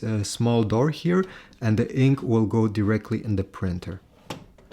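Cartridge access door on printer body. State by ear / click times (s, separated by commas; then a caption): not seated / none. Someone talks while handling the small plastic cartridge access door on an HP Deskjet 4155 printer, about to close it after both ink cartridges have been installed. A couple of short, faint ticks are heard near the end, but the door has not yet snapped shut and nothing has seated or clicked.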